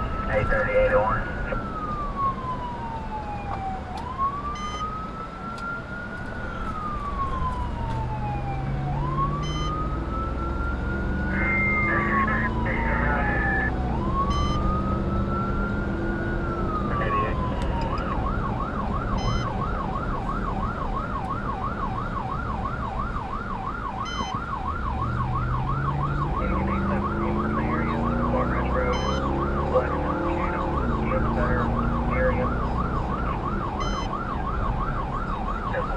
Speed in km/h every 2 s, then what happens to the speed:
66, 45, 26, 18, 34, 52, 66, 74, 81, 81, 71, 47, 44, 55, 71, 84, 92, 90.
0-6 brakes to 18. 6-16 speeds up to 81. 19-24 brakes to 44. 24-31 speeds up to 92.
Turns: 3-7.